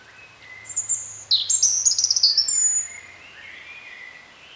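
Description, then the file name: European robin delivering one shimmering phrase of thin high whistles and quick trills, over a faint low hum. "Erithacus rubecula"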